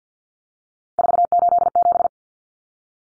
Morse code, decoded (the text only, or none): 487